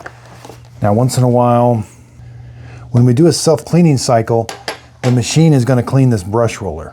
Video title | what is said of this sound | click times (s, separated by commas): Shark HydroVac MessMaster AW261 UNBOXING & SET UP | it and it'll click into place again very easy to use now once | 0.0 s, 0.1 s